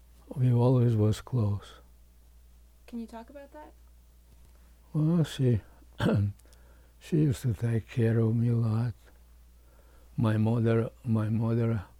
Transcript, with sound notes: We always was close.
Can you talk about that?
Well she [cough] she used to take care of me a lot, my mother my mother